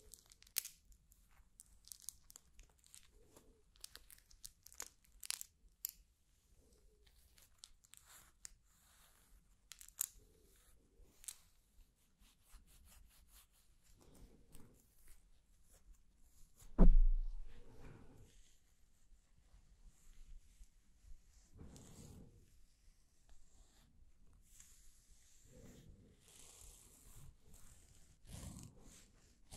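Soft, unintelligible whispers and hand movements, mostly quiet with scattered brushing, rustling and crinkling sounds. Around seventeen seconds a sharp knock or thud stands out, followed by breathy whisper bursts near 22 and 28 seconds, with faint hiss between.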